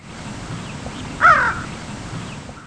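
American crow giving one short, hoarse caw partway through, with a faint low rumble in the background and otherwise quiet.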